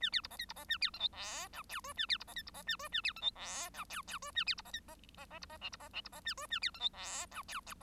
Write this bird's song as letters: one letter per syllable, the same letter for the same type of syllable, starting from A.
A B C D E C D A B F G H I J K A B C D E C D A K A B F G H I J J K A B C D E D D D C D L C D L C D A K A B F G H I J